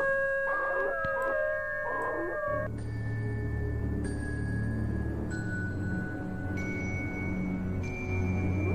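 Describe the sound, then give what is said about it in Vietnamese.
A person howls like a wolf with face turned up to the sky; the howl rises and wavers in pitch for a couple of seconds, then gives way to a low, steady droning rumble with sustained high tones. “Thiên Phong ngửa mặt lên trời, chu lên một tiếng như loài chó sói vậy”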